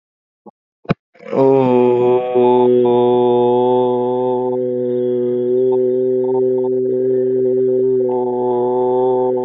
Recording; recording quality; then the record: sustained vowel as in boot; excellent, no background noise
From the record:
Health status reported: healthy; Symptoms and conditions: cough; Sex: male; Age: 20 years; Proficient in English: yes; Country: India